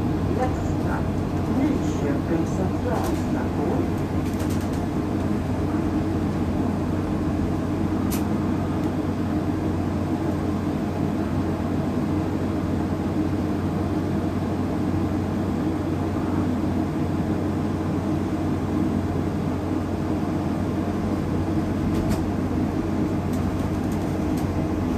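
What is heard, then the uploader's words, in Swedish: A bus ride: a steady, heavy engine drone with a low hum holds at a constant level for the whole clip. Faint voices murmur underneath at times, and a few brief rattles or clicks cut through, near three, eight and twenty-two seconds. Lyssna in Min Bussresa - Lunchtid klockan 11:29.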